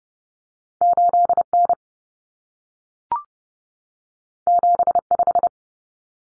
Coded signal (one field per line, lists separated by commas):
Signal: Morse code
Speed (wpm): 30 wpm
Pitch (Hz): 700 Hz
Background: none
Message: 8N 75